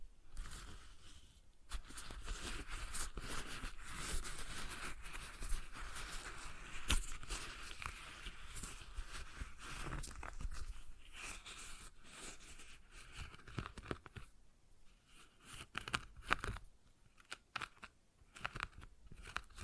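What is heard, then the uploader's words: A stress ball being squeezed and worked in the hands gives a dense, crackling, crinkly texture that runs nearly the whole 20 seconds. Sharp clicks and pops break through irregularly, with a brief thinner stretch around 14 to 15 seconds before the squishing picks up again. ASMR Relaxing Stress Ball Sounds (No Talking).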